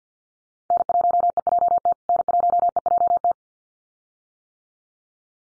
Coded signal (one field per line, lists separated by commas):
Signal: Morse code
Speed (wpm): 50 wpm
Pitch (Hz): 700 Hz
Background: none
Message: N1EJT N1EJT